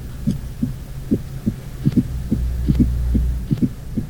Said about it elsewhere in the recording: Listen to a fourth heart sound. I will begin with three normal beats and then add the fourth heart sound. Extra sound that interrupts the usual cadence. It sounds like a stone skipping. We often say that's similar to the word Tennessee, where if you think about the first two syllables of Tennessee, we roll them together, tenna.